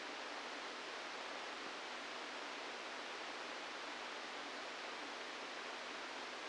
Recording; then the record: brain microelectrode recording played as sound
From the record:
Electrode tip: outside the subthalamic nucleus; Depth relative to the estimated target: 2 mm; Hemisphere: left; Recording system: NeuroSet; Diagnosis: Parkinson's disease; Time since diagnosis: 17 years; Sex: male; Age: 64 years